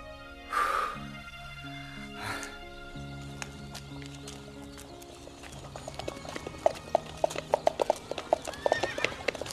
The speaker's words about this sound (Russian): В поселок заезжает черная карета, запряженная двумя вороными лошадьми.